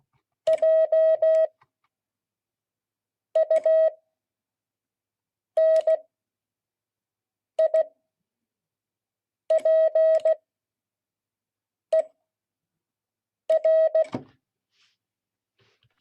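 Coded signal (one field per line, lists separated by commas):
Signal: Morse code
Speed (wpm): 16 wpm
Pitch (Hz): 640 Hz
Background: none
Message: JUNIPER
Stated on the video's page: Morse code class.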